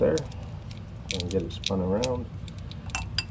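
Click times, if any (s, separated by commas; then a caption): 3.2 s. On a Ford 5.8L engine, a wiring harness electrical plug is turned so its locking tab lines up and then pushed onto the crankshaft position sensor while someone talks. A few small clicks and rattles come from about 2.5 to 3.0 s, then the connector latches with a sharp click at 3.2 s. The connector is seated.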